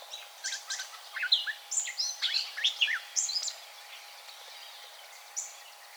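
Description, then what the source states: Brown thrasher song: a rapid run of varied, chirping and slurred phrases over about three and a half seconds, then quieter background with one late note. Recorded 4 January 2007.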